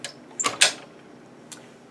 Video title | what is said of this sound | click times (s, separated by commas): Brioche Stitch Made Easy by Diana Sullivan | hear the loud click I always listen for the click | 0.6 s